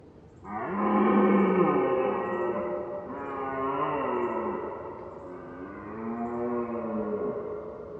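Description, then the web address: Red deer roaring in long, moaning harmonic bellows, several drawn-out calls that waver and dip in pitch, one after another throughout. Heard at far distance; mid-side stereo. "Ivo Vicic - Red Deer and Roe Deer"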